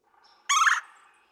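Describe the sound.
Red-bellied woodpecker uttering a single brief, harsh rolling churr, with a faint thin whistle just before it.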